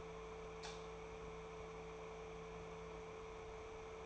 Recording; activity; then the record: daily activity, microphone in the room; light on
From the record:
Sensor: 1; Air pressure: 1014.8 hPa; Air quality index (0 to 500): 186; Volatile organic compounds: 18 ppm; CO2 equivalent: 2635 ppm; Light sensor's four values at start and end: 19/47/19/23 and 32/86/35/41